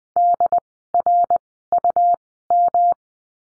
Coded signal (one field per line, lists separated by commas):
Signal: Morse code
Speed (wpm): 20 wpm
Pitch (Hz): 700 Hz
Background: none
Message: DRUM